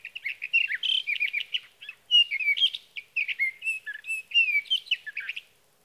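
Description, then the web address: Sage thrasher singing a long, continuous jumble of warbled, whistled and buzzy notes, with barely a pause between phrases. "birdsongforthecurious Sage Thrasher"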